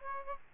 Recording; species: mosquito wingbeat signal from an infrared sensor; Aedes aegypti